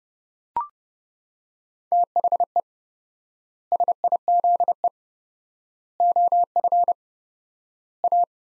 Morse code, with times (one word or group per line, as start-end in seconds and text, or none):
1.9-2.6 THE
3.7-4.9 SIZE
6.0-6.9 OF
8.0-8.2 A